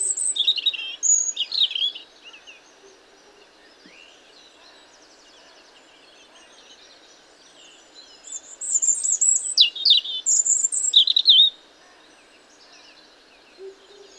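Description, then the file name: European robin song: two bursts of high, liquid, tumbling phrases with fast trills and thin sweeping notes, separated by a long pause. "Erithacus rubecula"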